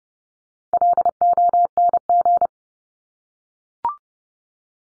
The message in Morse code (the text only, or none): LONG